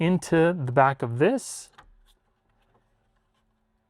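Someone talks while a garage door opener's bottom piece is lined up with its flat side toward the bottom of the steering wheel and placed against the back of the front piece, ready to be pushed forward. A brief hiss and a few faint handling sounds follow, then near silence. Nothing has clicked or seated yet.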